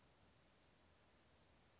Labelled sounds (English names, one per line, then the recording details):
Western Flycatcher
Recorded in Sonoma County, California